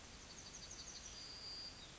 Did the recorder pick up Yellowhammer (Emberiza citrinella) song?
yes